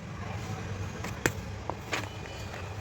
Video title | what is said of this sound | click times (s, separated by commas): Bajaj CNG BS6 starting problem tamil | இதுவும் இப்படி lock போட்டுருங்க இப்படி | 1.3 s